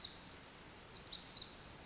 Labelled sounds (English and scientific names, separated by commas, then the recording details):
Pacific Wren (Troglodytes pacificus)
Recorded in Sonoma County, California